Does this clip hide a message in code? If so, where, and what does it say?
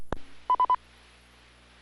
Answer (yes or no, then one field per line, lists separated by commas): no